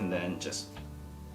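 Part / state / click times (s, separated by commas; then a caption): memory module into motherboard DIMM slot / not seated / none. A DDR4 memory module is being pushed down into a motherboard DIMM slot while someone talks, with music playing underneath. The clip ends before the module goes home; nothing has seated or clicked yet.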